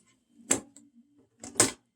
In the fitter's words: i heard the click